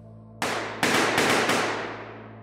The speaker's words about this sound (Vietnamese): Hàng loạt tiếng súng nổ vang trời. 12 nòng súng chĩa thẳng vào người Tư Cọt mà nhả đạn.